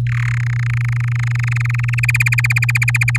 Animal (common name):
Domestic Canary